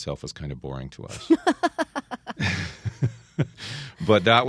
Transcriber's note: soundbite of laughter